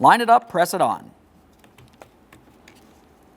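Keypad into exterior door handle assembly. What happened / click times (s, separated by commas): The plastic part is being positioned but has not snapped into place yet / none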